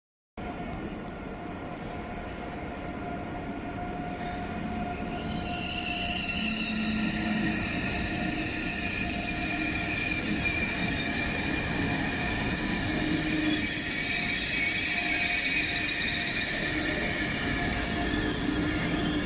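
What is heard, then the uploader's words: An ICE train pulls into Frankfurt, with a steady low rumble of rolling wheels beneath a sustained metallic whine. Around five seconds in, high squealing tones rise and grow louder, peaking near fourteen seconds as the brakes and wheels screech continuously. Einfahrt des ICE in Frankfurt.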